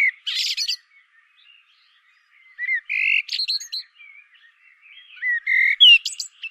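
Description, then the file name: Common blackbird song: short fluty whistled phrases ending in high scratchy twitters, separated by pauses. "Turdus merula"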